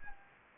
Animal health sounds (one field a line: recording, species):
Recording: mosquito wingbeat signal from an infrared sensor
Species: Anopheles gambiae